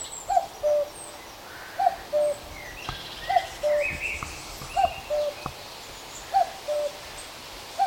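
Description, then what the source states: Common Cuckoo giving a steady series of clear, falling two-note cu-ckoo calls about every one and a half seconds. Flying toward the recordist over water meadows in England, 2022.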